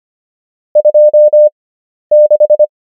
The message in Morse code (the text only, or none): 26